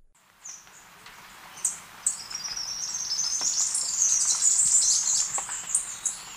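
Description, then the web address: Three-striped Warbler song: a few sharp high notes, then a thin, high chatter that grows louder. Ecuador. "Natures Songs S America Birds of Ecuador Three-striped Warbler"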